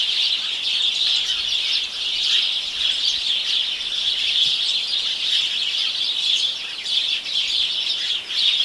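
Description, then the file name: House sparrows chirping in a dense, continuous chorus, with overlapping short chirps forming a steady chatter throughout and no clear pauses. "Passer domesticus"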